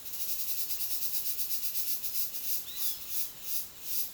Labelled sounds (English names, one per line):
Roadside Hawk